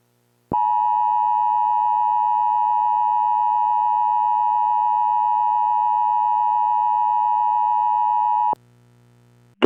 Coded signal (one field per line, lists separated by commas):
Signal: Emergency Alert System (SAME) tones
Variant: 853 and 960 Hz attention tone